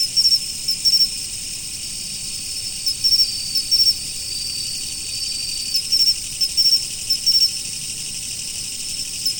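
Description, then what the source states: Insects chorus in a constant high buzz, with short bursts of chirps every few seconds. Autumn insects.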